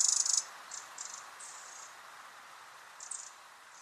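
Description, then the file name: Eurasian wren rattling call: one loud, high, dry burst of rapid ticks at the start, then several faint, short rattles, with a steady low hiss behind. "Troglodytes troglodytes"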